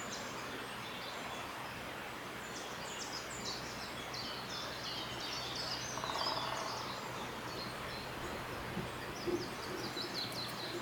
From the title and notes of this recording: Radio Birdsong from Snowdonia, North Wales. High above the Aberglaslyn Pass.